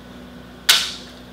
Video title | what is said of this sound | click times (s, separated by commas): Canadian Forces - AGS-17: Assembly | and it locks in place | 0.7 s